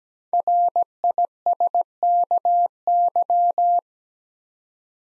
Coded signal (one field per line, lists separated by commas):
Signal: Morse code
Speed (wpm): 17 wpm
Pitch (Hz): 700 Hz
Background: none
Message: RISKY